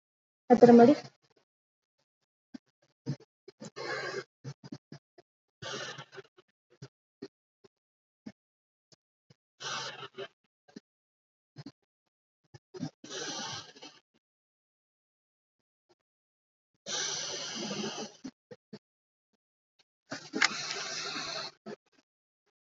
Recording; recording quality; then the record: deep breathing; moderate, slight background noise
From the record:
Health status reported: COVID-19 positive, mild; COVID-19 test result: positive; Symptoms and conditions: cough, cold, fever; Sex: female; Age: 34 years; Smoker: not ticked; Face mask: not worn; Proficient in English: yes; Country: India